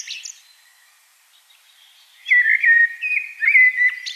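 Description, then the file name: Common blackbird warbled whistling: one short phrase beginning after a quiet stretch and ending in a high squeak. "Turdus merula"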